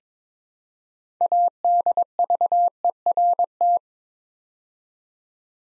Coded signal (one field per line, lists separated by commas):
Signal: Morse code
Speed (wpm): 22 wpm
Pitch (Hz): 700 Hz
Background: none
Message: ADVERT